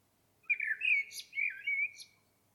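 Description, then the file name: Common blackbird song phrase, a mellow fluted warble sliding through middle pitches and finishing with a thin, scratchy high flourish. "Turdus merula"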